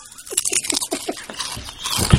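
Someone crunches on chips, a quick, steady series of crisp, crackly bites and chews repeating several times a second, with no talking.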